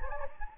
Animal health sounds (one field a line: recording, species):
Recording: mosquito wingbeat signal from an infrared sensor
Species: Anopheles gambiae